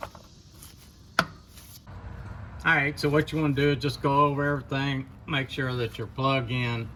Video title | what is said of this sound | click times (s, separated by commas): How To Replace a Neutral Safety Switch / PRNDL / Range Sensor / ON a Ford f150 DIY fix STIFF SHIFTER | I just heard it snap, and you always got to check that and make sure that you're all the way in. | 1.2 s